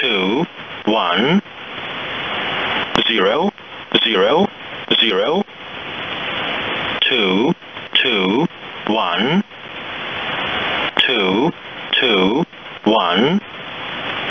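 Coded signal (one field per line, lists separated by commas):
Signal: numbers station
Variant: E07, English male voice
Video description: 3-digit ID/Group count: (0:10)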